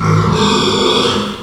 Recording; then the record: squeal of a Yucatan mini pig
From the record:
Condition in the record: after surgery on the right vocal fold (resection and tissue-engineered implant); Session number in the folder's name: 17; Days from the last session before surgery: 195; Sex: female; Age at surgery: 19 weeks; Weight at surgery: 25 kg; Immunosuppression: prednisolone